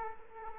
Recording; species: mosquito wingbeat signal from an infrared sensor; Culex quinquefasciatus